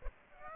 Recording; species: mosquito wingbeat signal from an infrared sensor; Aedes aegypti